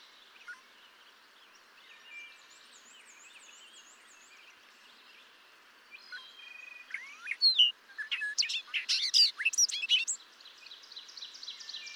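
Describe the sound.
Bobolink song: quiet warbling background with a wavering whistle, then from about seven seconds a bright burst of jangling, bubbling notes that fades into buzzy chatter.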